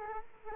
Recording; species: mosquito wingbeat signal from an infrared sensor; Culex quinquefasciatus